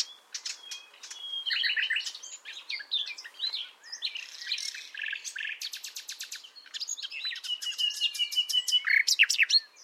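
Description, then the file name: Common nightingale song: varied phrases of sharp clicks, rapid trills and repeated staccato notes over about ten seconds. "Luscinia megarhynchos"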